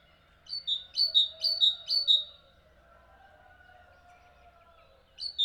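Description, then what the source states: Bird chirps: a quick run of four high two-part chirps, then a long quiet stretch with low steady hum, and a single chirp returning at the end. Birds chirping at dawn.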